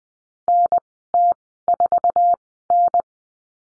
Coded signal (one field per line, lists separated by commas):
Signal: Morse code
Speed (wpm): 20 wpm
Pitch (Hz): 700 Hz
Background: none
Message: NT4N